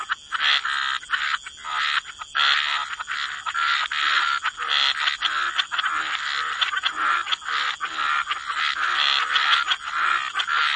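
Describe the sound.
Frogs croaking together in a thick, continuous chorus of quick pulsing notes, with a steady white-noise hiss throughout.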